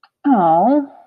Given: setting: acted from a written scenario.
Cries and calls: vocal sound without words; disappointment

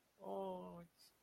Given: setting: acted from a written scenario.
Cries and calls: vocal sound without words; adoration

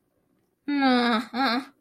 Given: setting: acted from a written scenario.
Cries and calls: vocal sound without words; contempt

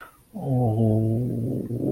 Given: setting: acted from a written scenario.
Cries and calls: vocal sound without words; shame

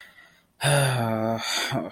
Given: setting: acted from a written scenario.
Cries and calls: vocal sound without words; anger

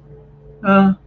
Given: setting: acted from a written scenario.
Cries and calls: vocal sound without words; neutral

